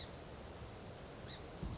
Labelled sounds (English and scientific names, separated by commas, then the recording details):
Song Sparrow (Melospiza melodia)
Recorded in Sonoma County, California